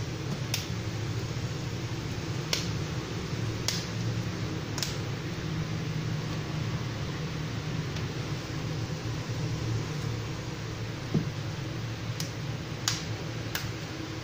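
The rear cover of a Samsung Tab S tablet is gently pressed onto the tablet frame during reassembly so its retaining clips engage one by one. Sharp clicks are heard at 0.5, 2.5, 3.7, 4.8, 12.9 and 13.6 seconds over a steady low background hum. The clips snap in and the cover is seated.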